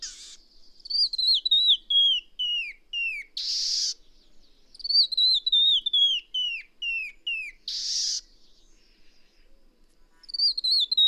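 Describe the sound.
Bird song of descending whistled note series, three phrases in all, with short harsh buzzy bursts between them.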